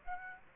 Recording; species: mosquito wingbeat signal from an infrared sensor; Aedes aegypti